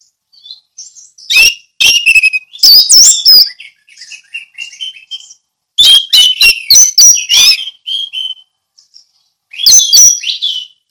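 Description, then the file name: Orange-headed thrush with loud, rapid bursts of mixed whistles and harsh notes, separated by softer twittering and brief silences. Song delivered in the ngeplong style. "anis merah ngeplong"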